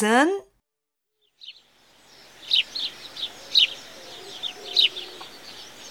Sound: fx: bird song